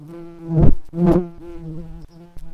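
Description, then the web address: White-tailed bumblebee giving a continuous low droning buzz, broken by two sharp thumping bursts early on. A quieter, even hum follows. Workers. "bumblebees Lucorum-workers"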